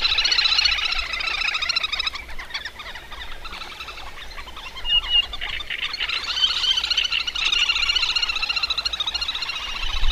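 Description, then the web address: Little grebe trills: long, rapid, high-pitched pulsing runs that dip briefly midway and then swell again strongly. "agykontroll Madardalok Cd 3. Kis vöcsök"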